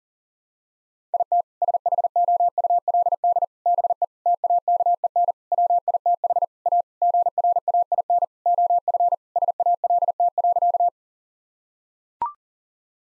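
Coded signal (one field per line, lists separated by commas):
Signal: Morse code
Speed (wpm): 40 wpm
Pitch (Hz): 700 Hz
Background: none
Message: IT SHOULD BE TAKEN WITH A GRAIN OF SALT.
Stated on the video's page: Morse code head-copy practice sending common eight-word-phrase sentences at 40 wpm; each sentence is sent twice.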